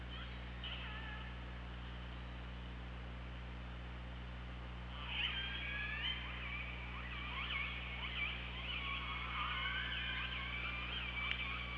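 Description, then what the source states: Killer whale calls underwater: a few faint calls at first, then from about five seconds a burst of overlapping squealing calls and whistles continues to the end over a steady low hum. Recorded on the OrcaLab hydrophone, 24 August 2017 at 15:27.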